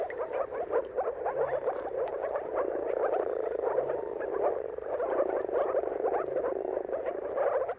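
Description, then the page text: Moor frog chorus: many soft, muffled bubbling calls blending into a steady gurgling wash with no pauses throughout. Chorus of many moor frogs giving mating calls at sunrise, at the turn of March and April, timing depending on the weather. "Jakub-Orzecki moor frogs. Dawn’s Chorus: Mating Calls of Marsh Frogs at Sunrise. Depending on the weather at the turn of March and April, you can witness an amazing spectacle of moor frogs"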